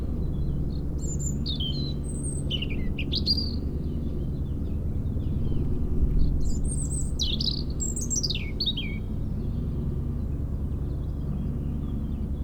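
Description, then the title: European robin singing: two bursts of thin, high, tumbling warbled phrases with sliding notes, over a constant low rumbling helicopter drone. Robin singing in a hedge near Lac du Bourget, Brison-Saint-Innocent, France, during a helicopter airlift for Colombière cliff works, sound echoing off Mont Corsuet; Zoom H4n Pro placed vertically on the ground. "4 Chem. de la Pointe Forestier, Brison-Saint-Innocent, France - Duo rouge-gorge hélicoptère"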